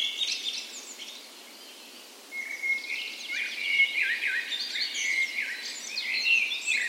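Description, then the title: Birdsong chorus, chirps and whistles at first, a brief lull, then several birds pour out fast chirps, trills and whistled phrases together, thick and continuous to the end. Dawn chorus on the morning of 17 May, Norway's National Day, in spring, in a park west in Bergen, Norway; recorded with Sony PCM A10 and LOM Usi microphones as tree ears. "17th Of May Dawn Chorus"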